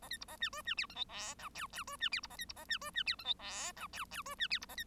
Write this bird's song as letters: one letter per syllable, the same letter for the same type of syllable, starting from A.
A B C A D E D F G H I J K K E D F C A B C A D E D F G H I J K K E D F C A B